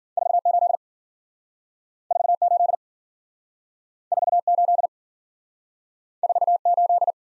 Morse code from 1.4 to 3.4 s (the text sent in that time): 48